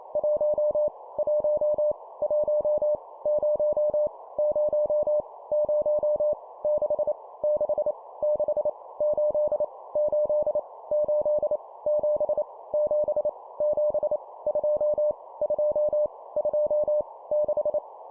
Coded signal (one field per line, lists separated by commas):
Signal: Morse code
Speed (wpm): 28 wpm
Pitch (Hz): 600 Hz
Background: none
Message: 1 1 1 0 0 0 6 6 6 8 8 8 7 7 7 2 2 2 6